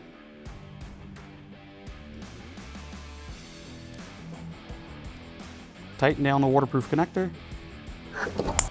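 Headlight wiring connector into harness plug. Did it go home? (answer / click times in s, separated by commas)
yes / 8.6 s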